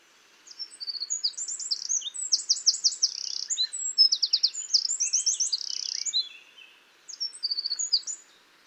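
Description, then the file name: Eurasian wren song: a fast, loud, high-pitched outpouring of ringing trills and chattering notes, pausing briefly near seven seconds before a shorter trilled burst resumes. "Troglodytes troglodytes"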